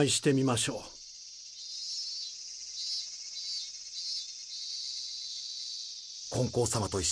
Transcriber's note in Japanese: ひときわセミの声おこって消えていく